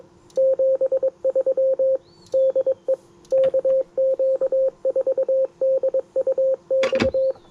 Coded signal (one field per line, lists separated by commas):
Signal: Morse code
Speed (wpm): 22 wpm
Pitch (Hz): 530 Hz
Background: radio noise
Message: 73 DE KQ4DUX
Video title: Yaesu FT-710 CW and SSB POTA Activation